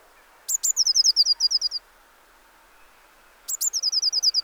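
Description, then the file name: Eurasian blue tit call series: two sharp high notes leading into a rapid run of about ten clipped descending notes, repeated twice, with soft background hiss. "Cyanistes caeruleus"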